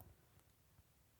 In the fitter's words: like that they're locked in you cannot get it back out so yeah that's how you depend and repin these connectors